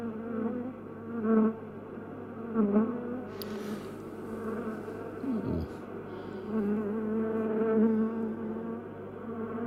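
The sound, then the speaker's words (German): A dense, steady drone of many bees humming together in a beehive, a low continuous buzz with shifting overtones and slight swells in loudness, with no voices present. “Fünftens, der Bienenkorb.”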